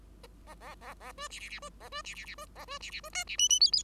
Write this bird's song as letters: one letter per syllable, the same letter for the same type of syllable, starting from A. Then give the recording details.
A A A A B C C C B A B C C C B A B C C B D C E E F F. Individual Bird5